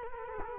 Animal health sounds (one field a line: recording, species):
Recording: mosquito wingbeat signal from an infrared sensor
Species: Culex quinquefasciatus